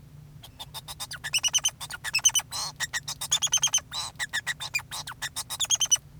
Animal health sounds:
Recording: song of a male Bengalese finch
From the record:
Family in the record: son of father 2

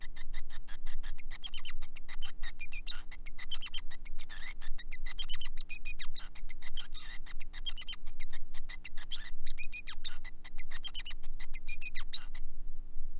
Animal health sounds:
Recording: song of a male Bengalese finch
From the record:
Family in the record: son of father 5

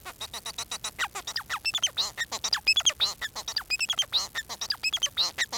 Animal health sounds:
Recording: song of a male Bengalese finch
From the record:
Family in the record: son of father 4

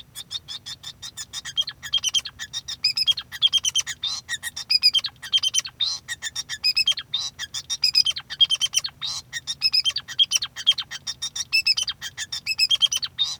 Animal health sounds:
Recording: song of a male Bengalese finch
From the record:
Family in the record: son of father 2

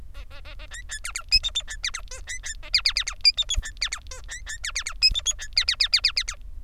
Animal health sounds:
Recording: song of a male Bengalese finch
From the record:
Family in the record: son of father 3

